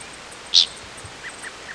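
Dickcissel giving a single short, high call note, followed by a few faint softer sounds.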